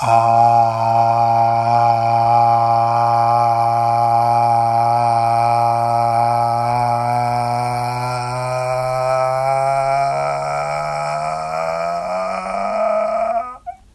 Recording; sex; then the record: sustained vowel /a/; male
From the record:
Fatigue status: fatigue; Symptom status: symptomatic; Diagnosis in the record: COVID-19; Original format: m4a